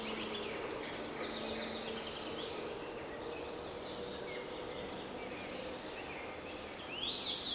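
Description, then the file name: Eurasian blue tit calling, three short bursts of thin, high, downslurred notes in the first two and a half seconds, then only faint background sounds. "Cyanistes caeruleus"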